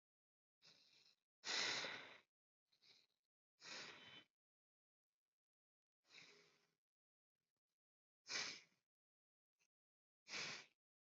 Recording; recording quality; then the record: deep breathing; excellent, no background noise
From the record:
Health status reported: healthy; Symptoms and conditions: none ticked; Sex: female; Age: 48 years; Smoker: not ticked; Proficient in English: yes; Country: India